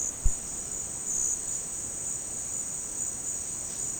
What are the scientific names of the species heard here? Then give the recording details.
none. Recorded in dense forest near Puerto Asís, Putumayo, Colombia, on 18 February 2024 at 14:30. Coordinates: 0.486, -76.316. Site G6437